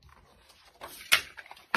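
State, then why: Not seated. A plastic border maker cartridge is handled near the base of a paper punch, with soft rustling and a sharp plastic knock at about 1.1 s, a few light taps, and a loud hit just as the clip ends at about 1.8 s. The cartridge has not yet clicked into place in the punch base.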